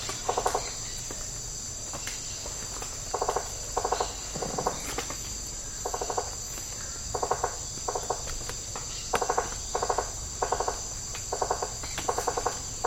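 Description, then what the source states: Rainforest insects chorus: steady high-pitched drone with several bursts of rapid pulsed ticking recurring at irregular intervals. Tropical rainforest habitat.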